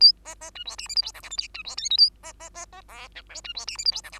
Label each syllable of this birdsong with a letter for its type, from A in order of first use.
A B B C D E F G H I J K L C D M N A B B B B O P Q C D E F G H I J